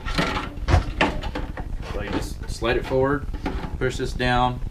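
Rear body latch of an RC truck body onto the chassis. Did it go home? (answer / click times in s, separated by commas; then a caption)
no / none. Someone talks while the plastic body of a Traxxas X-Maxx RC truck is slid forward onto the chassis and its rear body latch is about to be pushed down to lock it. Brief handling knocks come through under the talking. Nothing has seated or clicked yet.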